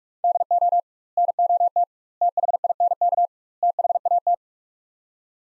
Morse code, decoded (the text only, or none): DO NOT THINK THAT